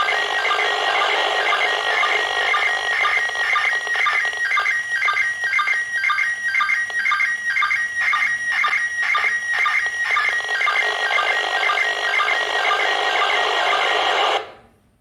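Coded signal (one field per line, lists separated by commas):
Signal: SSTV (slow-scan television)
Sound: warbling tones through heavy hiss, with short regular low clicks twice a second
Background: radio static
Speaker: even with this very limited setup a part of the image could be seen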